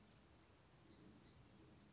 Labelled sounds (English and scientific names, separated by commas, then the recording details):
California Towhee (Melozone crissalis)
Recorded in Sonoma County, California